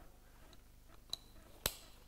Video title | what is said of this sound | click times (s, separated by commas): Aqualung Pro QD i3 BCD - www.simplyscuba.com | and a positive click back in obviously fully adjustable 50 mm straps to | 1.7 s